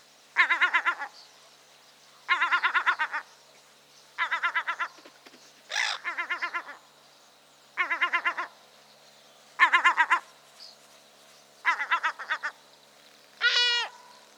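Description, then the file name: Yellow-legged gull giving repeated quick chattering bursts of throaty notes, ending with a drawn wailing call. Guttural alarm calls. "Goéland leucophée (Larus michahellis) - Alarmes gutturales"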